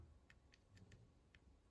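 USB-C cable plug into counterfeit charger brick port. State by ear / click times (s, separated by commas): not seated / none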